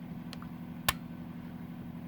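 During field stripping of a Walther PPQ 9mm pistol, the frame is gripped with finger and thumb on both sides and the takedown lever is pulled down so the slide can come off. Two faint ticks at 0.3 and 0.4 s lead to a sharp, bright click at 0.9 s over a steady low hum. The lever clicks down and is released.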